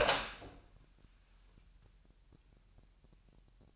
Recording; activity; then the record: daily activity, microphone in the room; open door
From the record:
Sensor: 2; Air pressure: 998.3 hPa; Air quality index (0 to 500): 136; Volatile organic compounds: 4 ppm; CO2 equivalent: 1539 ppm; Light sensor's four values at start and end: 12/36/14/14 and 12/36/14/14